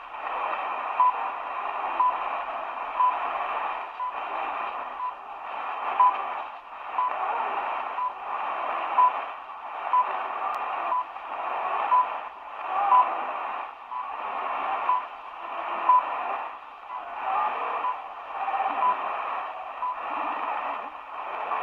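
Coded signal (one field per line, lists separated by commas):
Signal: radio time signal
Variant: HCHD-2 Ecuador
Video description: Locutor en Castellano: " Al Oír el Tono Serán las 0 horas, 42 minutos 0 segundos ", Beeps.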